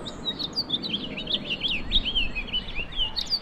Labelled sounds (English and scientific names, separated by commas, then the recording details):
House Finch (Haemorhous mexicanus) song
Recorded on Long Island, New York, on 20 April 2012
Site GC
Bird B